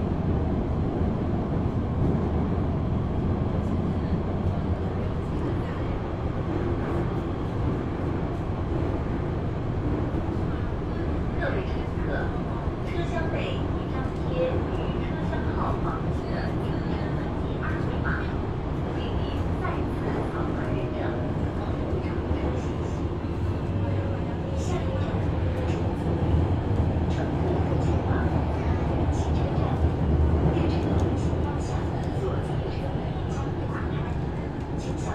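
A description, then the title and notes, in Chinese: Inside a Shenzhen metro train, a steady, dense low rumble and air hiss continue throughout, with faint murmured voices and scattered small clicks. Cooling in Metro, Shenzhen。深圳地铁冷气开得很足。那天下午三四点的样子，我从地铁 1 号线鲤鱼门站上车。地铁里没什么人，很干净，很凉快，然后录下了这段音频。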